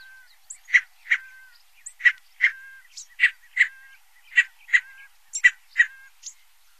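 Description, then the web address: Scaled Quail calling in paired nasal notes, five pairs about every 1.2 seconds, with a few fainter high notes between. North America. "Songs of Birds of North America Stokes. Scaled Quail"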